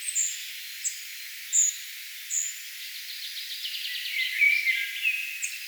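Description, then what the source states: Spotted flycatcher song of a few thin, high squeaks, followed by a fast rattling trill and warbling from another bird. Singing, 4 June 2025.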